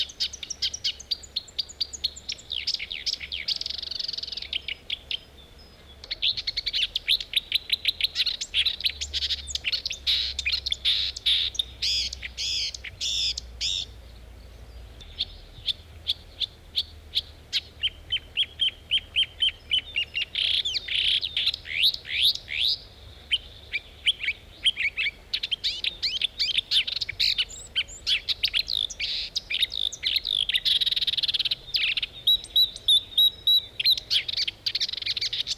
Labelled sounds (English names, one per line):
Marsh Warbler song